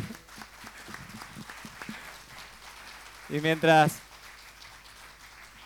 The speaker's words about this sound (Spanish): Aplaudir.